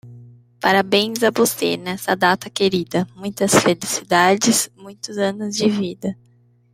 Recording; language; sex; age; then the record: short text; Brazilian Portuguese; female; 20 to 29 years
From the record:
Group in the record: control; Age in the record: 28 years